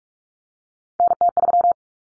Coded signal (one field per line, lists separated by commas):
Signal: Morse code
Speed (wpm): 44 wpm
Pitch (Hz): 700 Hz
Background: none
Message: NT3